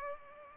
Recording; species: mosquito wingbeat signal from an infrared sensor; Culex pipiens